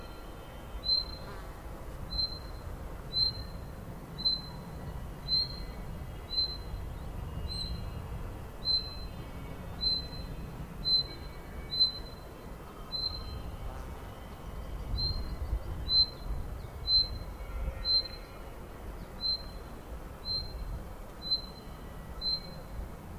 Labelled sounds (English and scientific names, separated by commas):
Common Chaffinch (Fringilla coelebs) call